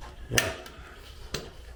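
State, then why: Seated. Parts are flipped over and caught into clips at two points on the cage of a P2F Fenix XC lite paramotor trike; the clips stay on the cage so there is no loose strap to lose. Two sharp hits ring out at 0.4 s and 1.4 s as each clip catches. Both cage clips are seated in place.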